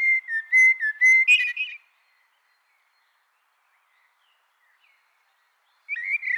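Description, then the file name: Common blackbird song: a run of clear whistled notes ending in a brief squeaky flourish, then a long silence before the next phrase begins. "Turdus merula"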